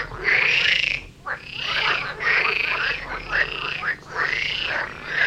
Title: Frog concert near Vellerner Brook in Neubeckum - 2pm - binaural version